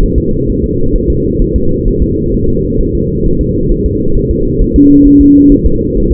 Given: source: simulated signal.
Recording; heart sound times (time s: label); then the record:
fetal heart sounds
0.03 s: S1
0.18 s: S2
0.49 s: S1
0.64 s: S2
0.96 s: S1
1.10 s: S2
1.42 s: S1
1.56 s: S2
1.88 s: S1
2.02 s: S2
2.34 s: S1
2.49 s: S2
2.81 s: S1
2.95 s: S2
3.26 s: S1
3.41 s: S2
3.72 s: S1
3.86 s: S2
4.17 s: S1
4.31 s: S2
4.62 s: S1
4.76 s: S2
5.07 s: S1
5.21 s: S2
5.52 s: S1
5.66 s: S2
5.97 s: S1
6.12 s: S2
From the record:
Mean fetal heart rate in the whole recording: 130 bpm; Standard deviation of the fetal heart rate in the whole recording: 4 bpm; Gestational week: 38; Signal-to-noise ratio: -16.4 dB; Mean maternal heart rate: 72 bpm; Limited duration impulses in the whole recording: present